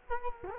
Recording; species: mosquito wingbeat signal from an infrared sensor; Culex quinquefasciatus